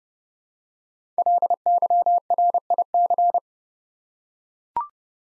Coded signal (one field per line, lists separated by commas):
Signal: Morse code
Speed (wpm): 28 wpm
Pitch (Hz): 700 Hz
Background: none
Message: LYRIC